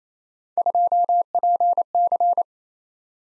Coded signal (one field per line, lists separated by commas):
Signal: Morse code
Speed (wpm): 29 wpm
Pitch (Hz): 700 Hz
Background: none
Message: 2PC